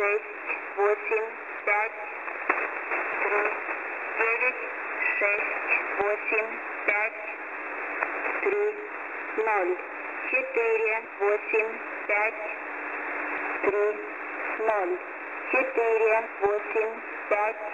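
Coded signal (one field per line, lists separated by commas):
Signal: numbers station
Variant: S06s, Russian digits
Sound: a voice reading Russian digits one by one at an even pace, in groups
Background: radio static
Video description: 5-Digits: 5 46062 68672 97478 39685 30485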